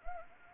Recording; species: mosquito wingbeat signal from an infrared sensor; Anopheles arabiensis